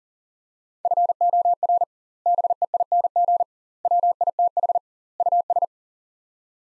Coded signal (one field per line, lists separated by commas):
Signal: Morse code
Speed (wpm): 40 wpm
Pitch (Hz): 700 Hz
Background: none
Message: FOR BEING WITH US